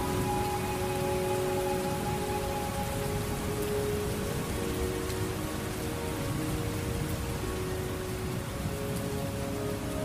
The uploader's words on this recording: Peaceful Flute Meditation Music with Thunderstorms.